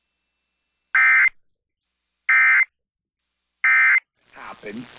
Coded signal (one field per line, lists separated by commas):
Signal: Emergency Alert System (SAME) tones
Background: speech